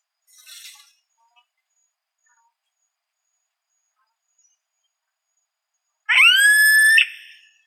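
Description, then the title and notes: Yellow-headed caracara giving one long, harsh screeching call lasting about a second, rising at the start then held level, after a brief faint rustle near the beginning. "Carrapateiro Yellow-headed Caracara (Milvago chimachima)"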